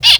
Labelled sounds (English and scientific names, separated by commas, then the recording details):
Zebra Finch (Taeniopygia guttata) distance call
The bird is a male
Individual mal1